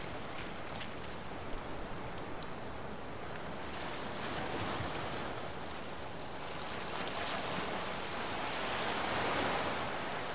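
Ocean waves wash over rocks in a dense, steady hiss of churning water, with fine crackling spray throughout. The surge swells gradually louder and brighter toward the end, around eight to ten seconds, as a wave pours into the pools.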